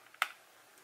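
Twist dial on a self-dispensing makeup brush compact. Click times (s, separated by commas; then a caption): 0.2 s. A plastic twist-open mineral-foundation brush compact has its base turned all the way from "close" to "open." After a faint tick at 0.15 s, the twist dial gives one sharp, bright click at 0.2 s, and the compact is released open.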